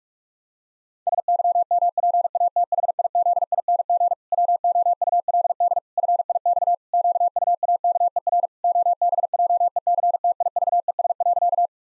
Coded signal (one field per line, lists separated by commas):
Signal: Morse code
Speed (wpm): 48 wpm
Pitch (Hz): 700 Hz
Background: none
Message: SYMPATHIZING WOULD FIX QUAKER OBJECTIVES.